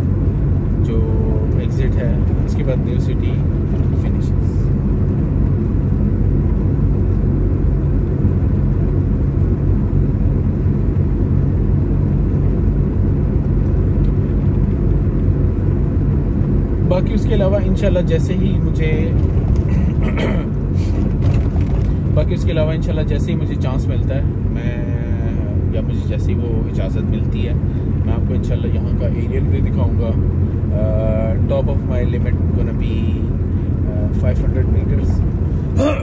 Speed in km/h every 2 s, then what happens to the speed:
30, 30, 30, 31, 30, 31, 30, 31, 31, 31, 30, 30, 29, 28, 28, 28, 27, 27.
0-36 steady at about 30.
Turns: none.